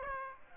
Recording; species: mosquito wingbeat signal from an infrared sensor; Aedes aegypti